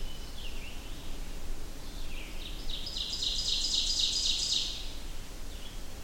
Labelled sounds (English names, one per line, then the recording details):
Ovenbird song
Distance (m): 25 m
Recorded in boreal forest in Alberta, Canada, on 25 June 2016 at 06:10
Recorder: SongMeter 3, array SBT-6-76
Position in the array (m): 26 m, 119 m
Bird 2